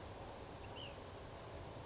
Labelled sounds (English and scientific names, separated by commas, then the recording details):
Ash-throated Flycatcher (Myiarchus cinerascens)
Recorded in Sonoma County, California